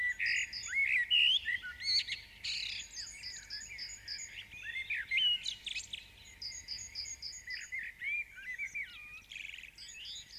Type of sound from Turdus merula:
song